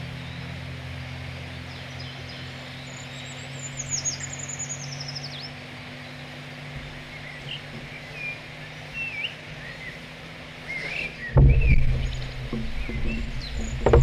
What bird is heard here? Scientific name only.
Fringilla coelebs